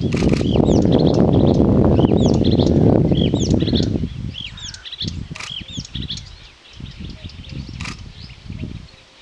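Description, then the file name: Blyth's reed warbler calls: a quick run of short, sharp, down-slurred chirps, with a heavy low rumble filling the first four seconds and softer later. "buschrohrsaenger"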